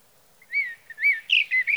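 Sage thrasher song beginning with two arched whistled slurs, followed by quicker warbled notes.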